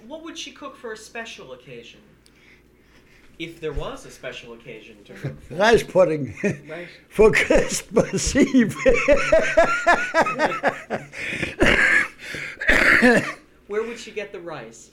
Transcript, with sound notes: What would she cook for a special occasion, if there was a special occasion during...
Rice pudding. ( he laughs ) For Christmas Eve. ( he laughs )
Where would she get the rice?